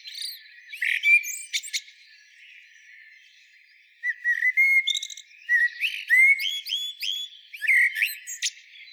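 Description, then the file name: Common blackbird's varied whistled song, a short phrase, a two-second lull, then several mellow rising whistles mixed with high twittering notes. "Turdus merula"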